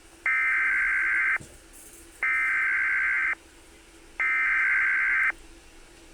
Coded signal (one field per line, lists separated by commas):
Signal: Emergency Alert System (SAME) tones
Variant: header bursts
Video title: EAS tornado warning daviess greene y New York